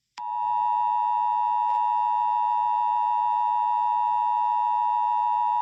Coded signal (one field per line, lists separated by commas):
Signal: Emergency Alert System (SAME) tones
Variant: 853 and 960 Hz attention tone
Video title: EAS SCENARIO 22: Wenda's Revenge 2